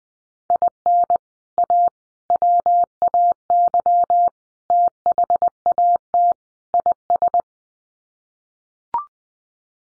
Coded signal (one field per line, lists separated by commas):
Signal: Morse code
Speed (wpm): 20 wpm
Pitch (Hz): 700 Hz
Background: none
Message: IN A WAY THAT IS